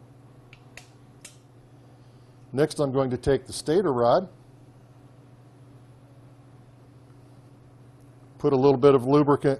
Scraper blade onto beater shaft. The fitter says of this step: these flats allow the blade to go on and then lock into place they just easily snap on